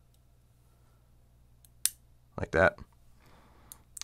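The spring jaws of a small bearing removal tool are pushed until they spread and snap open, giving a sharp, bright snap at 1.9 s. Someone talks briefly just after, and a few faint clicks follow near the end. The jaws are released open.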